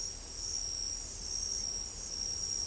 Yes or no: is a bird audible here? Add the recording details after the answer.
no. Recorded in pastures near Pivijay, Magdalena, Colombia, on 1 June 2023 at 01:30. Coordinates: 10.456, -74.369. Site P6-G026